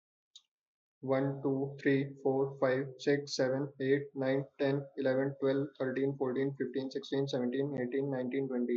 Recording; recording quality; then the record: counting at a fast pace; excellent, no background noise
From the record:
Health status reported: respiratory illness, not identified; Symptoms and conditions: asthma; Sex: male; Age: 20 years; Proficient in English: yes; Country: India